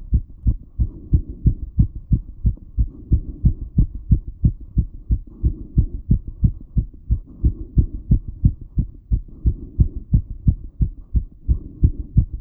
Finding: Racing heartbeat.